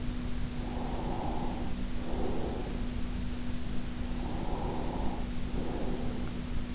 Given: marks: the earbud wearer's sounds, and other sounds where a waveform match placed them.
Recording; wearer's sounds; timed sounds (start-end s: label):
sounds in sleep by an in-ear microphone; breath
0.53-2.95 s: breath
4.10-6.58 s: breath